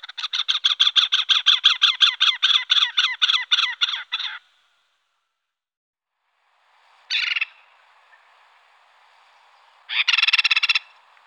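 Great spotted cuckoo delivering a rapid, rasping chatter for about four seconds, then after a silence two short harsh bursts of grating notes.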